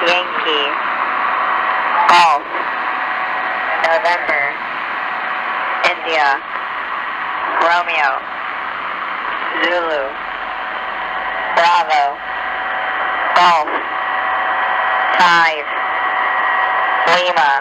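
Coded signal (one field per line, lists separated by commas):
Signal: coded military voice message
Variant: HFGCS Emergency Action Message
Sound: a voice reads phonetic-alphabet letters and numbers one by one, evenly spaced, through hiss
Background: radio static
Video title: Escuta SW: U.S. Air Force HFGCS - 11175 kHz SSB - 18:35h - Degen DE1103 PLL.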